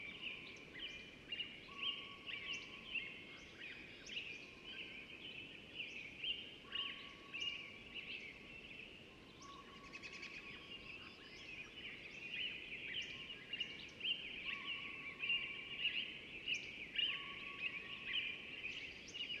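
A dawn chorus in a deciduous forest, with many birds singing at once in a dense, steady layer of bright chirps and warbles. A low, level whistle repeats every few seconds throughout. Songs come from both near and far over a soft background hiss.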